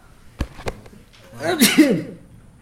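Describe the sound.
Two sharp clicks, then a single loud sneeze: a short voiced intake rising into a bright, hissing burst that fades quickly.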